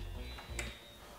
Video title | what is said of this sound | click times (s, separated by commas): Installing the AMD Sapphire Radeon Nitro+ RX 5700 XT 8GB OC Graphics Card | and it just locks into place. | 0.6 s